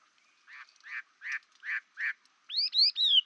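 Chinese hwamei singing: five harsh, buzzy notes in a steady series, then loud, clear whistled notes, with no other sounds.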